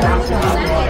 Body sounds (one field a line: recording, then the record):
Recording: background sound without coughing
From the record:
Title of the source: Nightlife Party Simulating Party Club Noise 1 Hour